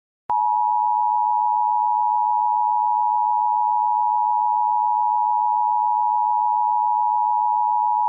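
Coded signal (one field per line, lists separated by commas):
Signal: Emergency Alert System (SAME) tones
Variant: 853 and 960 Hz attention tone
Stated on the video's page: Fictional EAS scenario.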